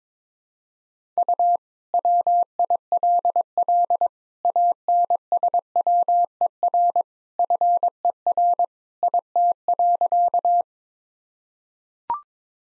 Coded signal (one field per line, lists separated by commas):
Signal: Morse code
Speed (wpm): 22 wpm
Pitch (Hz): 700 Hz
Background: none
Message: U WILL ANSWER FER IT.